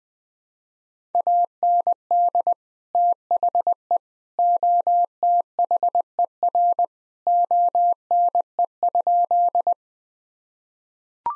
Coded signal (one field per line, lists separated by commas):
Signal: Morse code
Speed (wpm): 21 wpm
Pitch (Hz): 700 Hz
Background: none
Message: AND THE OTHER ONE?